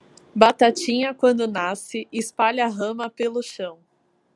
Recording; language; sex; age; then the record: short text; Brazilian Portuguese; female; 30 to 39 years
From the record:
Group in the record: control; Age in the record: 31 years